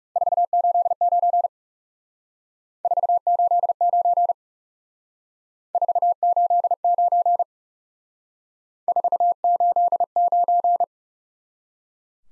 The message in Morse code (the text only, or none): 489 489 489 489